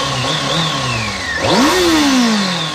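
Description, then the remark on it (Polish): A motorcycle engine revs up, its pitch sweeping sharply upward then easing down in a steady drone, loud and with no voices over it. “Już od kilku dni, a nawet kilku tygodni słychać nieśmiało ten dźwięk.”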